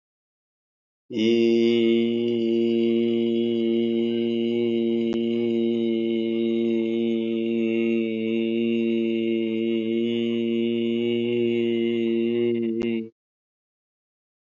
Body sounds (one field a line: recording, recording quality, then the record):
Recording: sustained vowel as in beet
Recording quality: moderate, slight background noise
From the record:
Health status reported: healthy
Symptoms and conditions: hypertension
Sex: male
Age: 52 years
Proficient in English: no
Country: India